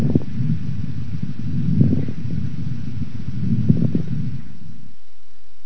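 Lungs of an adult woman with acute bronchopneumonia, heard by stethoscope after coughing: fine moist crackles, their character changed after the cough.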